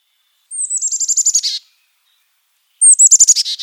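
Carolina Chickadee calling twice, each call a high sliding whistle that drops into a quick series of harsh, buzzy dee notes.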